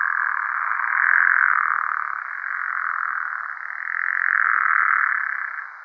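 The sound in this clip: Pickerel frog making a long, continuous rattling snore that swells twice in loudness before trailing off.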